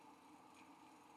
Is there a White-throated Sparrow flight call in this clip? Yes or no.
no